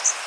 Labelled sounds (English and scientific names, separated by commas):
Blackburnian Warbler (Setophaga fusca) flight call